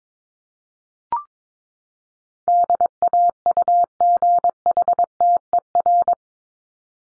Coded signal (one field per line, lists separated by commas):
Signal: Morse code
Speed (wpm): 22 wpm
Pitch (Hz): 700 Hz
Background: none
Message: DAUGHTER